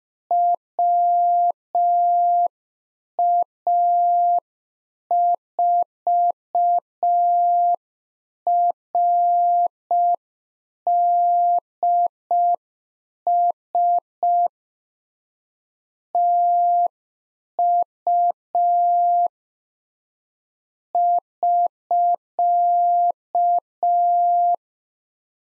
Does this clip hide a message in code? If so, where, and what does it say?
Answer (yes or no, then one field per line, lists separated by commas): yes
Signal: Morse code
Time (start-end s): 0.3-24.5 s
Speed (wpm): 5 wpm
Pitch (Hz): 700 Hz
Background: none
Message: WA4RDS TU <SK>